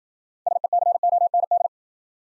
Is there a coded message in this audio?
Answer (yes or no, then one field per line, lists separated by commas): yes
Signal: Morse code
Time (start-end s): 0.5-1.7 s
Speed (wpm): 52 wpm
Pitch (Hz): 700 Hz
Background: none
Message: SECOND